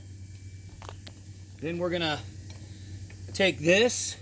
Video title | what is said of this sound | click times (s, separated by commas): unboxing 2020 vader gen2 front wheel and rear shock installation.. | It won't go all the way down, then you'll feel the groove and it just pops right in. | 0.9 s, 1.1 s